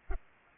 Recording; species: mosquito wingbeat signal from an infrared sensor; Culex pipiens